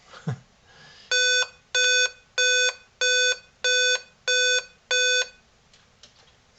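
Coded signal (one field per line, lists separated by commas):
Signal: beep code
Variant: Dell laptop BIOS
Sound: seven buzzy beeps in a steady rhythm, then a couple of faint clicks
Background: small quiet room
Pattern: 7 short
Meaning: Seven beeps on a Dell laptop signal a processor (CPU) failure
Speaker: we go seven beeps and if we push power it turns off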